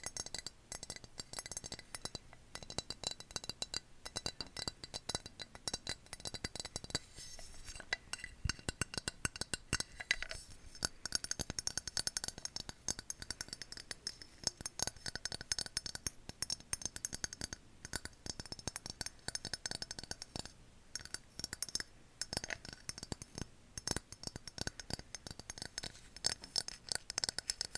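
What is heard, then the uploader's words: Glass is tapped and clinked in a rapid, uneven stream of sharp, bright clicks that continues for the whole stretch with hardly a pause. Some taps ring briefly, and a faint steady hiss sits underneath. ASMR Glass Triggers For Sleep.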